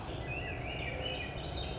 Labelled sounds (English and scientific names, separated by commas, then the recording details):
Swainson's Thrush (Catharus ustulatus)
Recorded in Sonoma County, California